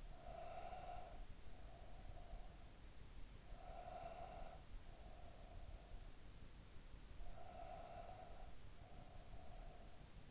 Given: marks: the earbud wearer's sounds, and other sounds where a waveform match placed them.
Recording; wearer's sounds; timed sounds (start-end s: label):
sounds in sleep by an in-ear microphone; breath
0.00-3.04 s: breath
3.41-6.34 s: breath
6.97-10.30 s: breath